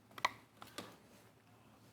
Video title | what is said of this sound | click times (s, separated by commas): Broadcast Program - Sun, Dec 27 | this locks it so it's locked into place | 0.2 s